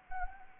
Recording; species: mosquito wingbeat signal from an infrared sensor; Anopheles gambiae